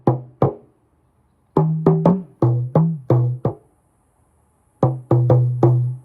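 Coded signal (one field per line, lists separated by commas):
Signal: talking drum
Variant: Yoruba dùndún, Ṣajẹ beat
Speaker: This is a Shagile drum beat. Meaning is a short drum beat. And this one is called to won ti ni ni o lo both it and the elephant try and up going. E ta ku the climbing plants that trying to block the passage of an elephant is going to get dragged along by the elephant. So I want to say to won ti ni ni o lo E ta ku to ni ki ni ma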